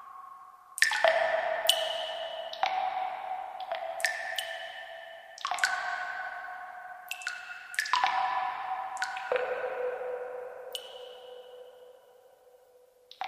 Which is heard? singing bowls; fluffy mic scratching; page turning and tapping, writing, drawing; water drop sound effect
water drop sound effect